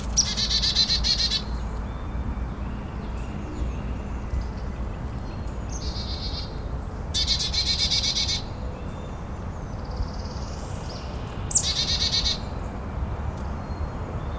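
Chickadee giving several buzzy rasping bursts of dee notes, each about a second long, with softer calls between and a low background hum.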